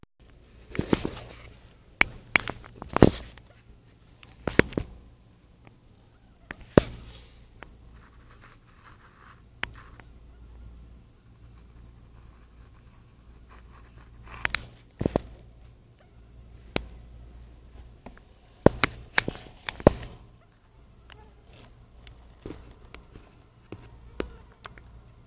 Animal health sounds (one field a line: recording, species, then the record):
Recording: mosquito flight sound by mobile phone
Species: Anopheles freeborni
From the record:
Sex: male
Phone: Nokia 5235